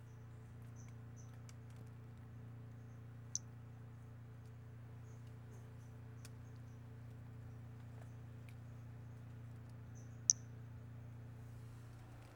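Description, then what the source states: Brachycephalus albolineatus giving sparse, very short high chirps spread through the recording, two sharper and louder, against a constant low electrical-like hum. Individual 14, example 02; specimen collected, catalogued MNRJ 90349.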